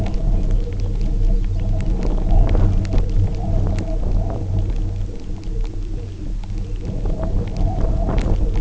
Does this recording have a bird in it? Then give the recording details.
yes. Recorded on Arctic tundra, site UTQI-0, on 27 June 2018. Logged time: 04:00